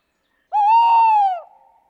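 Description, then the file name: Tawny owl giving a single long, steady hoot that holds one pitch for about a second, then fades, with a quiet background. "chouette hulotte"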